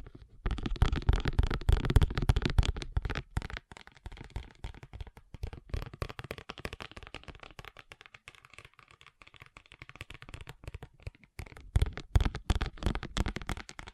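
Fast ASMR tapping, a dense flurry of quick, sharp taps with rustling, card-like texture. The tapping is loudest and fullest in the first three seconds and again around twelve seconds, thinning into lighter, sparser clicks through the middle.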